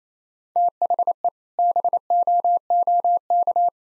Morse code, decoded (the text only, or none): THE BOOK